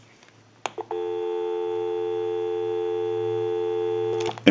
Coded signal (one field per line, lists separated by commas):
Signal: telephone call progress tone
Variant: North America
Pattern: dial tone